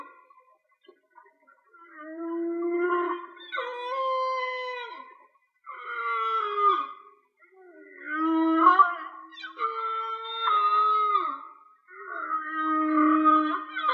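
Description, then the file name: Whale song: a steady run of harmonic moans, several ending in quick downward slides, following one another every couple of seconds. "Whale Song-colin"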